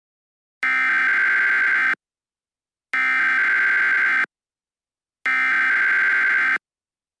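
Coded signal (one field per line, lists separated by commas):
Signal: Emergency Alert System (SAME) tones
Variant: header bursts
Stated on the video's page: Mock EAS scenario, not a real alert.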